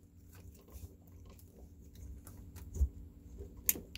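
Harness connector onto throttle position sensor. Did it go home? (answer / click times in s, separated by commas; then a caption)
yes / 3.7 s. A plastic harness connector with a thumb latch is squeezed onto the throttle position sensor in the engine bay of a Yamaha boat engine, over low rumble and faint handling and rustling noises with a dull thump near 2.8 s. A sharp, bright click at 3.7 s marks the connector latching in, and it is confirmed seated.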